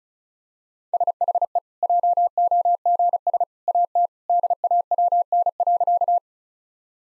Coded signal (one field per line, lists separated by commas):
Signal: Morse code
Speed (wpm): 36 wpm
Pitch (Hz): 700 Hz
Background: none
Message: SHE JOGS AT DAWN.